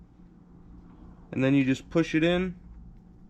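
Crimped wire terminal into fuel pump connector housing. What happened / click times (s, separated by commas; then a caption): Handled, not yet home: wire terminal not yet clicked into connector / none. A crimped wire terminal is being handled for pushing into a plastic connector housing on the fuel pump wiring of a dual fuel pump setup for a GTO fuel system. Someone talks from about 1.3 to 2.5 s over a faint low background hum. Nothing has seated or clicked yet.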